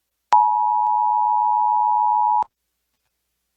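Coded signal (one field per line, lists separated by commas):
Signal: Emergency Alert System (SAME) tones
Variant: 853 and 960 Hz attention tone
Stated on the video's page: Statewide Utah child abduction (AMBER) alert tones aired on AM broadcast station KSL.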